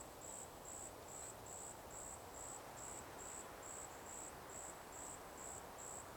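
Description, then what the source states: Cicada song with evenly spaced shrill pulses, just over two per second, layered over loud constant low rushing noise. Cicadas in a forest by day.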